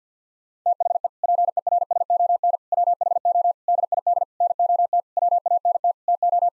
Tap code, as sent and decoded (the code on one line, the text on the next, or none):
none